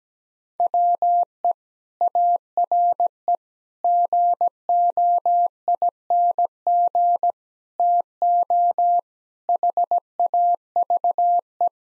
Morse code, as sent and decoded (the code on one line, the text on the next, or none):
.-- . / .- .-. . / --. --- .. -. --. / - --- / .... .- ...- .
WE ARE GOING TO HAVE